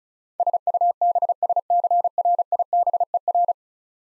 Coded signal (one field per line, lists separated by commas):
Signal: Morse code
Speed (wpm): 36 wpm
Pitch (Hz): 700 Hz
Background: none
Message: SUBSCRIBER